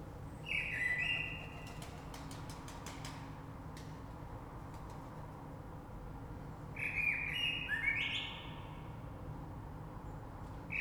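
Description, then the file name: Common blackbird singing two fluted, warbled phrases about six seconds apart, each ending in thin high twittering, over a steady low rumble. Recorded 3 March 2020. "Rush Merle"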